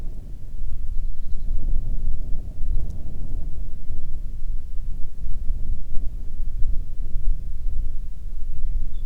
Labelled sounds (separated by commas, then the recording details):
songbird, wind
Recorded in the Arctic National Wildlife Refuge, Alaska, on 1 June 2019 at 11:19
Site 37